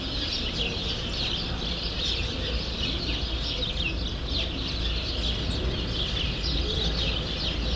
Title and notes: Rue Saint-Jean Népomucène 13, 1000 Bruxelles, Belgique - Sparrows - Moineaux. Moineaux dans un bosquet. Sparrows in a grove